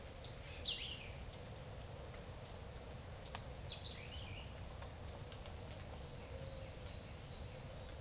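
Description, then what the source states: Vireo song: short, bright, slurred phrases falling in pitch, given twice about three and a half seconds apart, over a steady low rumble of traffic. Recorded with traffic noise.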